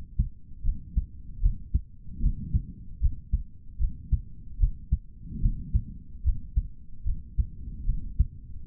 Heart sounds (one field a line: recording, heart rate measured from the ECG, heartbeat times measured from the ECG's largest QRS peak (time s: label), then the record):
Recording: heart sounds by stethoscope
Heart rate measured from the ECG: 75 bpm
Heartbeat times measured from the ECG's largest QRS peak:
0.63 s: heartbeat
1.40 s: heartbeat
2.20 s: heartbeat
3.00 s: heartbeat
3.78 s: heartbeat
4.58 s: heartbeat
5.40 s: heartbeat
6.23 s: heartbeat
7.04 s: heartbeat
7.85 s: heartbeat
8.65 s: heartbeat
From the record:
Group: healthy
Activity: rest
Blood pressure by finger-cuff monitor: 129/76 mmHg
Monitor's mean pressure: 94 mmHg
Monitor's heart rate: 75 bpm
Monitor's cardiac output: 4.3 L/min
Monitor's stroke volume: 57 mL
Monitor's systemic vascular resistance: 1610 dyn s/cm5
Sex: male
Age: 55 years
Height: 167 cm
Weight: 57.2 kg